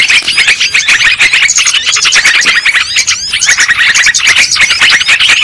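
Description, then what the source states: Lovebird flock noise, bursts of shrill, scratchy chirps and rising squeaks crowding together. Lure sound used for trapping lovebirds.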